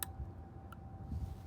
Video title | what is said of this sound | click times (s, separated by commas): Cooey Carcano Big Game rifle 6.5x54 | until it clicks and now the front the trigger | 0.0 s